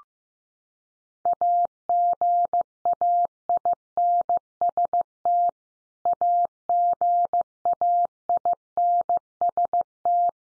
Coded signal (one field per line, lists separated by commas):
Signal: Morse code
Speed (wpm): 15 wpm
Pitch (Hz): 700 Hz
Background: none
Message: AGAINST AGAINST